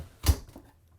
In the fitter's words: And it locks into place out as well, and you can have 2 fold outs and sit and seat more people here.